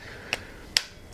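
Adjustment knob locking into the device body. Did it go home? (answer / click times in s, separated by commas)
yes / 0.3 s, 0.8 s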